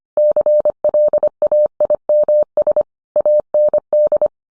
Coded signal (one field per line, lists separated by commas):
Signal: Morse code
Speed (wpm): 25 wpm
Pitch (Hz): 600 Hz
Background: none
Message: CLAIMS AND